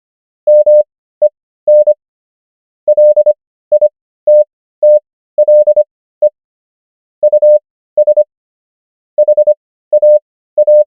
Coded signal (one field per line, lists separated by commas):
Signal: Morse code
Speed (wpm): 25 wpm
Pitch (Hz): 600 Hz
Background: none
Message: MEN LITTLE US HAA